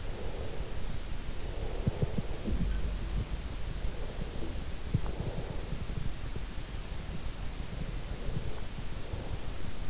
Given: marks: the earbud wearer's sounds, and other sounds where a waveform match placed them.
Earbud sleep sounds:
sounds in sleep by an in-ear microphone; breath
0.00-3.14 s: breath

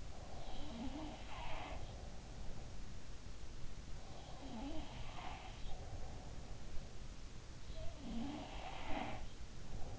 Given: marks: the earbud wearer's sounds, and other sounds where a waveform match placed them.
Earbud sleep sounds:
sounds in sleep by an in-ear microphone; breath
0.00-1.20 s: breath
0.42-2.86 s: sound from someone else or the room
4.22-6.75 s: sound from someone else or the room
7.73-9.99 s: sound from someone else or the room

